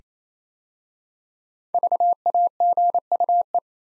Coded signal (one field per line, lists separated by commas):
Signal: Morse code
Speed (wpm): 27 wpm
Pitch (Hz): 700 Hz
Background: none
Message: VAGUE